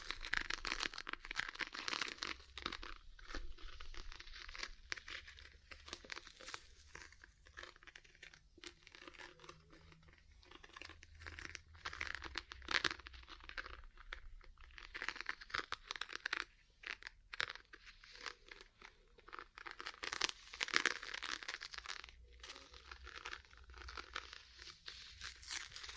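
Ear cleaning with massage, cupping and tapping: a dense, continuous stream of rustling, crinkling and scratchy rubbing sounds, bright and crackly, with frequent short gaps and quick taps. Low muffled thumps swell underneath at times, and the texture stays busy throughout.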